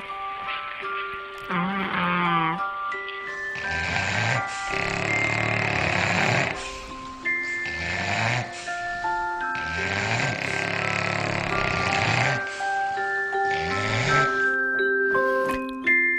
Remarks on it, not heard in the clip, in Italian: Primo era un gatto siamese, i secondi era una coppia di bulldog. Un gatto, un cane, quando addormentato, sogna russa, è esattamente identico a un essere umano.